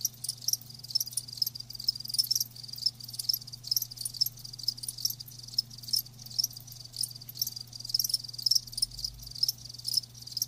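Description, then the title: Crickets keep up dense high chirping, rapid pulses with slight swells in volume, and a low humming tone behind them. Crickets chirping, presented as lulling sleep sounds. "Live Crickets Chirping"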